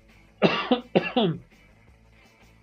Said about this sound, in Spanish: Perdón. Buen timing para empezar a toser.